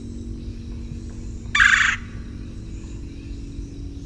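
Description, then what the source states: Red-bellied woodpecker making one brief, rough, burry call lasting about half a second, set against constant low-pitched background hum. Kwirr call.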